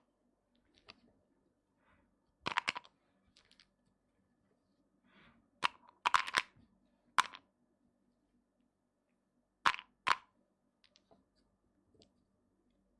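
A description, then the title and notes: Wooden eggs knock together in sharp, hollow clicks, clustered in bursts around 2.5, 6 to 7, and 10 seconds, with quiet gaps between. ASMR Relaxing wooden eggs sounds (No Talking).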